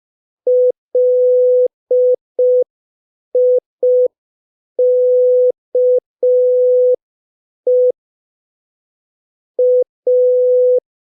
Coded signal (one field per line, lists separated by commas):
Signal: Morse code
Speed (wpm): 5 wpm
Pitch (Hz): 500 Hz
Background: none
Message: LIKE A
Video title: Morse Code Practice #3 (5wpm)